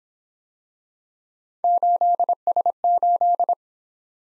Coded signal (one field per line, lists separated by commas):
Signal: Morse code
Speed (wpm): 26 wpm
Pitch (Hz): 700 Hz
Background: none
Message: 8S8